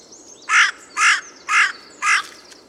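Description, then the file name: Carrion crow calling four hoarse, grating caws spaced roughly half a second apart, over quiet background noise. "Corvus corone"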